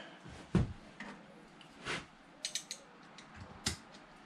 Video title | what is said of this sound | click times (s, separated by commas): Suzuki SV1000 Project Bike - Part 12 - Fork Seal & Fork Oil Replacement | it clicks into place just like you heard probably you've probably heard that | 3.7 s